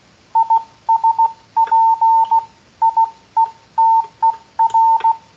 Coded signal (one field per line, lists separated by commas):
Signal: Morse code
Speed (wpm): 16 wpm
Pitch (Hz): 900 Hz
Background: none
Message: IS PIETER